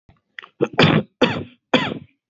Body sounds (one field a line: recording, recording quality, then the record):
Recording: shallow voluntary cough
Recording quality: excellent, no background noise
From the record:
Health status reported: exposed to COVID-19, no respiratory illness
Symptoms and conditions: none ticked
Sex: male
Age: 30 years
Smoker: not ticked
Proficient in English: yes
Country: United States